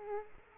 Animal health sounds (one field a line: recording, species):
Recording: mosquito wingbeat signal from an infrared sensor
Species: Aedes aegypti